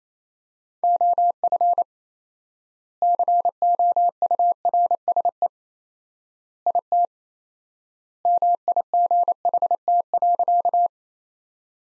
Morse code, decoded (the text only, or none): OF COURSE IT MIGHT.